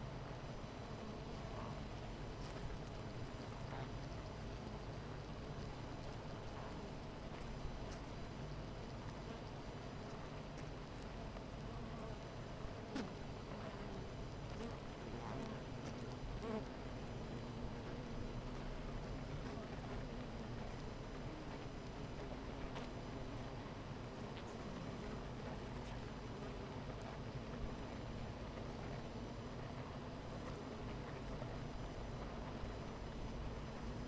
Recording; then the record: honeybee colony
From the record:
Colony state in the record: missing queen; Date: 14 July 2017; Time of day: 10:08